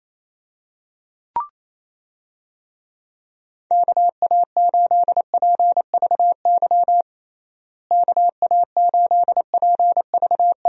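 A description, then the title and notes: Morse code tapped out as a single steady, mid-pitched tone in crisp on-off beeps of short and long lengths. A brief click-like blip sounds near the start, then two bursts of signalling run from about 4 to 7 seconds and again from 8 seconds on, separated by silence. USA Call Signs - 6 Characters - Repeated 3x - 28wpm. First, the call sign is sent three times in Morse code. Finally, it is sent again in More code.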